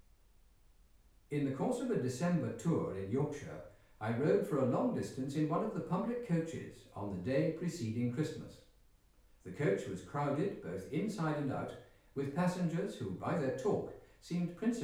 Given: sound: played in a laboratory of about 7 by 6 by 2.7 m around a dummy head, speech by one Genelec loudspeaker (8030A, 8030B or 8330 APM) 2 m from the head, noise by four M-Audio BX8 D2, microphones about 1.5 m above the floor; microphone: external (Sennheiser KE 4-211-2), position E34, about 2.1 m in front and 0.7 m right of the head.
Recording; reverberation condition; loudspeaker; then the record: male speech in English; medium; 150 degrees to the left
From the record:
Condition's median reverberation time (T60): about 510 ms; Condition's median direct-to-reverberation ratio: about -0.5 dB